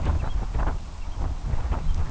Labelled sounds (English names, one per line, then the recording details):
American Golden-plover
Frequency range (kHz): American Golden-plover 1.9-4.8 kHz
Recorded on Arctic tundra, site UTQI-2, on 12 June 2019
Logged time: 04:00